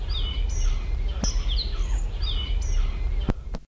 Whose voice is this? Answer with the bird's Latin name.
Coloeus monedula